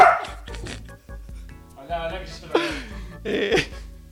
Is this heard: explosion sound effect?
no